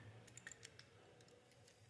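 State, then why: Stripped. A screwdriver turns the lock screw holding down the ignition points plate in the engine case thread of a Honda CB360 motorcycle engine, making a run of small, sharp ticks at about 0.3, 0.4, 0.5, 0.5, 0.7 and 0.8 s over a low steady hum. The screw will not tighten and nothing has seated; the thread is stripped, which is why the points have been moving.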